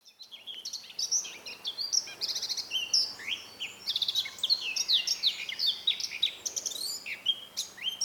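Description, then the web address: Eurasian blackcap warbling continuously, a busy stream of scratchy chirps mixed with loud clear whistles and slurred fluty notes. "SETE Sylvia atricapilla"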